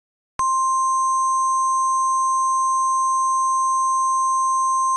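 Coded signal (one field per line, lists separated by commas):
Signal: Emergency Alert System (SAME) tones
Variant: 1050 Hz attention tone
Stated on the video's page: Fictional evacuation EAS alert made with Scratch.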